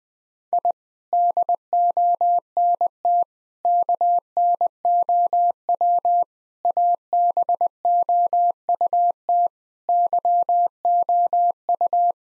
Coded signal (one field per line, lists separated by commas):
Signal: Morse code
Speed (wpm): 20 wpm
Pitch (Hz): 700 Hz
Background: none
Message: I DONT KNOW ABOUT YOU